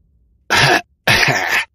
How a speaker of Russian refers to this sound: Оказавшись у себя в комнате, Астер разразился очень громким кашлем.